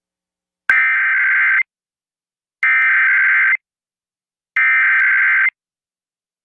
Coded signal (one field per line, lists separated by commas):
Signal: Emergency Alert System (SAME) tones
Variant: header bursts